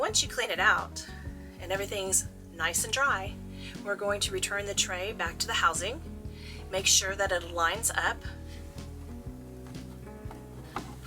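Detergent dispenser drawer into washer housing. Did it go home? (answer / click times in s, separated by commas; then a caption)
yes / 10.8 s. A cleaned, dry plastic detergent dispenser tray is lined up with its housing in a Splendide WCD2200XCD washer/dryer and pushed in while someone talks over background music. A few small knocks follow, and the drawer clicks home into the housing at 10.8 s.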